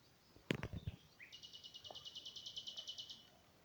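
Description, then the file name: Common nightingale song: a few loud knocking clicks, a short upslurred note, then a steady run of about twenty quick repeated notes. "Luscinia megarhynchos"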